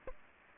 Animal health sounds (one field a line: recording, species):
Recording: mosquito wingbeat signal from an infrared sensor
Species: Aedes aegypti